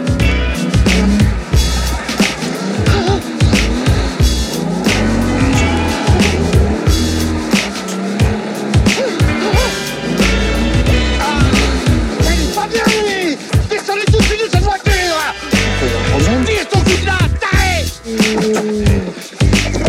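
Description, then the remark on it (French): A car engine runs steadily in a driveway, its loud rumbling clatter rising and falling in pitch as the revs swell and drop over about twenty seconds. “Je sais jamais qu'un tas de ferraille avec un moteur et puis des roues.”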